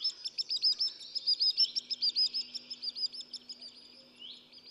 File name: Piro Piro Piccolo